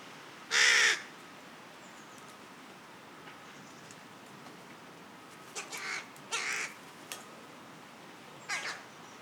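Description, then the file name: Carrion crow giving one loud, rasping caw, then after a long quiet pause several fainter, shorter caws follow near the end. "Corvus corone"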